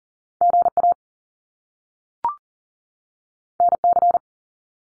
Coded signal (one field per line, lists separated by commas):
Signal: Morse code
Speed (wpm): 38 wpm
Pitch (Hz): 700 Hz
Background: none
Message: GA NC